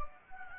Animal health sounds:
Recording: mosquito wingbeat signal from an infrared sensor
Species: Anopheles gambiae

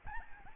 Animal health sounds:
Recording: mosquito wingbeat signal from an infrared sensor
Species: Aedes albopictus

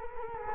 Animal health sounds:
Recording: mosquito wingbeat signal from an infrared sensor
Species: Culex quinquefasciatus

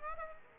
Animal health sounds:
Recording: mosquito wingbeat signal from an infrared sensor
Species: Aedes aegypti

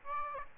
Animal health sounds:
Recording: mosquito wingbeat signal from an infrared sensor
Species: Aedes aegypti

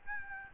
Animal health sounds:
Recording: mosquito wingbeat signal from an infrared sensor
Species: Aedes albopictus

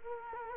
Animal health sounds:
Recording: mosquito wingbeat signal from an infrared sensor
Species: Culex quinquefasciatus

